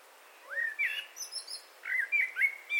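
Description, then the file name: Eurasian blackbird song with a rising whistled slur, soft twitters, then a string of clear fluting whistles after a brief pause. "Turdus merula"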